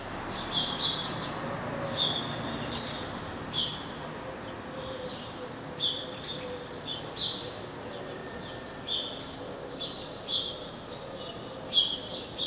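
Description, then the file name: House sparrow chirps: high chirping notes repeated irregularly over a constant broad background hiss. "Passer domesticus"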